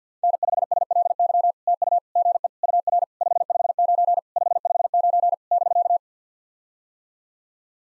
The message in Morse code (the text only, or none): N5SLY TU GE UR 559 559 <BK>